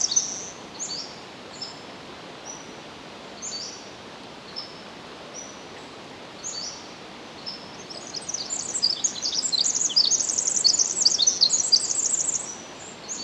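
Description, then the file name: Pacific wren song: thin high whistled notes at first, then a rapid tumbling burst of tinkling, jumbled high notes over steady background hiss. Recorded 10 July 2011 at 06:35. "20110710-0635 pacific-wren"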